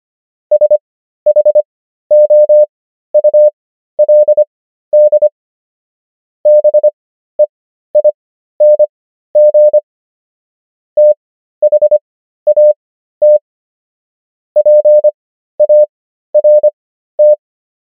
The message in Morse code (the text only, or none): SHOULD BEING THAT PART